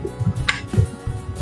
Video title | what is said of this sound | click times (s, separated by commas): Mrs.G.Kumudhavalli, Founder & Managing of KSE trust. Walking stick donate #ksetrust | lock ஆயிரும் வச்சு tight பண்ணிக்கலாம் tight பண்ணிட்டோம்னா கீழ இறங்காது | 0.5 s